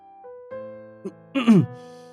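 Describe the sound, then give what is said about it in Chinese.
A man gives a single short, awkward cough, briefly rough and falling in pitch, over a steady soft musical tone with no talking. “不自然地咳嗽了一声，耳根有些发红，他的眼神飘向别处。”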